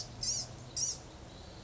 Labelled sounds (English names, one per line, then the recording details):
Blue-gray Gnatcatcher
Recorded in Sonoma County, California